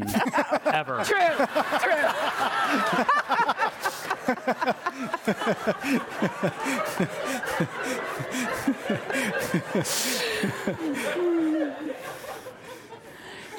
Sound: laughter; laughter